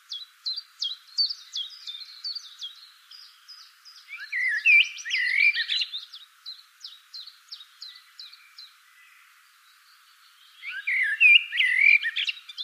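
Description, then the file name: Common blackbird calls: rapid series of short high chirps, repeated several times a second, broken by two louder bursts of warbled, twisting notes. "Turdus merula"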